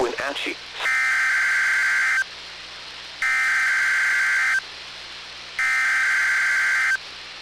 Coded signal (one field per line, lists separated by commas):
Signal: Emergency Alert System (SAME) tones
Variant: header bursts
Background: speech